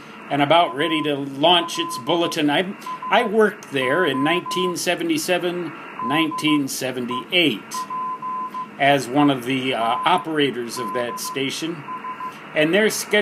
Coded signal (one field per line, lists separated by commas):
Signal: Morse code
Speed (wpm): 15 wpm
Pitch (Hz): 1020 Hz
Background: speech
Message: ALSO DEPENDS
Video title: 18 MHz is Open